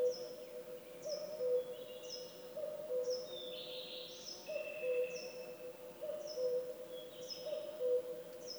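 Bird: woodland chorus: thin, high, falling whistles repeat about every second over low hooting notes, and a brief burst of twittering sounds in the middle.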